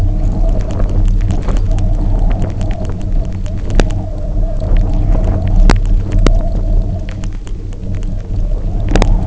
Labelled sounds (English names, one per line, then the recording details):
none
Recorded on Arctic tundra, site UTQI-0, on 27 June 2018
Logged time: 00:00